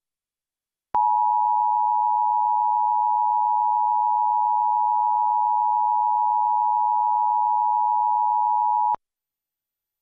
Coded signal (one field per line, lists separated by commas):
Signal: Emergency Alert System (SAME) tones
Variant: 853 and 960 Hz attention tone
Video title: (EAS #9) "PBS WOUB" - Severe Thunderstorm Warning (3/23/2022)